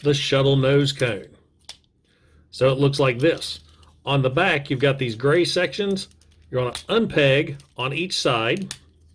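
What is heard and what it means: Someone talks while handling a Siege/Earthrise Astrotrain toy figure, with the gray plastic sections on its back being unpacked on each side to flip around onto the legs as the feet, near the shuttle nose cone. A single short, sharp handling sound comes at about 1.7 s, between stretches of speech. Nothing has seated or clicked into place yet.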